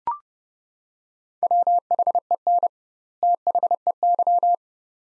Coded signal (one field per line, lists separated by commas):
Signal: Morse code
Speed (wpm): 31 wpm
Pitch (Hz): 700 Hz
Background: none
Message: WHEN THEY